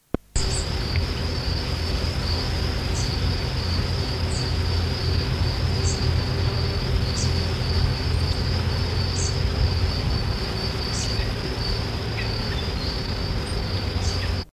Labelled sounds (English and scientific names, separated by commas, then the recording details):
Song Thrush (Turdus philomelos) call
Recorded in the wild
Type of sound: call
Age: immature
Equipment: Halbspur, 9,5 cm/s
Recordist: Lütgens, Hans
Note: Flügge Junge